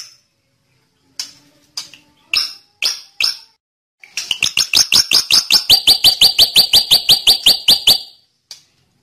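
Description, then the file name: Hair-crested drongo song: a few sharp, separated notes, then a fast, even run of many bright, clipped notes lasting about four seconds before stopping abruptly. "Suara burung awar-awar aka srigunting jambul"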